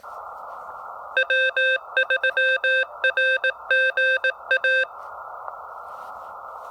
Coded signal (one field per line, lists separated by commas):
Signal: Morse code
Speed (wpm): 18 wpm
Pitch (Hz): 1550 Hz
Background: none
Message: W3RGA